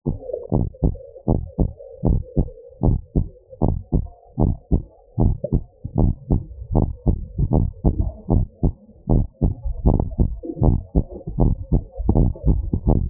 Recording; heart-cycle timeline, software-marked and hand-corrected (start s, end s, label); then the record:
heart sounds
0.00	0.08	systole
0.08	0.18	S2
0.18	0.54	diastole
0.54	0.66	S1
0.66	0.84	systole
0.84	0.96	S2
0.96	1.30	diastole
1.30	1.42	S1
1.42	1.60	systole
1.60	1.72	S2
1.72	2.06	diastole
2.06	2.20	S1
2.20	2.38	systole
2.38	2.48	S2
2.48	2.84	diastole
2.84	3.00	S1
3.00	3.16	systole
3.16	3.28	S2
3.28	3.64	diastole
3.64	3.76	S1
3.76	3.94	systole
3.94	4.06	S2
4.06	4.40	diastole
4.40	4.54	S1
4.54	4.72	systole
4.72	4.84	S2
4.84	5.20	diastole
5.20	5.36	S1
5.36	5.54	systole
5.54	5.64	S2
5.64	5.98	diastole
5.98	6.12	S1
6.12	6.32	systole
6.32	6.42	S2
6.42	6.74	diastole
6.74	6.88	S1
6.88	7.08	systole
7.08	7.20	S2
7.20	7.52	diastole
7.52	7.68	S1
7.68	7.86	systole
7.86	7.98	S2
7.98	8.32	diastole
8.32	8.46	S1
8.46	8.64	systole
8.64	8.74	S2
8.74	9.10	diastole
9.10	9.24	S1
9.24	9.44	systole
9.44	9.54	S2
9.54	9.86	diastole
9.86	10.02	S1
10.02	10.20	systole
10.20	10.32	S2
10.32	10.62	diastole
10.62	10.78	S1
10.78	10.96	systole
10.96	11.06	S2
11.06	11.40	diastole
11.40	11.56	S1
11.56	11.72	systole
11.72	11.82	S2
11.82	12.10	diastole
12.10	12.28	S1
12.28	12.48	systole
12.48	12.60	S2
12.60	12.88	diastole
12.88	13.04	S1
13.04	13.10	systole
From the record:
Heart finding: normal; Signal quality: good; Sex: male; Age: 62 years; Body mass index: 28.1